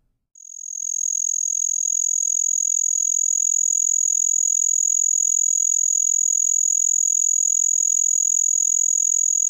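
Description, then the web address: Say's trig trilling, a steady high-pitched pulsing buzz that begins about half a second in and continues unbroken to the end. "The Songs of Insects. Say's Trig"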